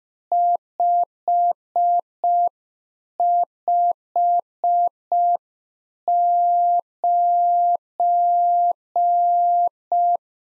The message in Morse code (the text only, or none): 559